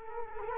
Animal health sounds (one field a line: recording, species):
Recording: mosquito wingbeat signal from an infrared sensor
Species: Culex quinquefasciatus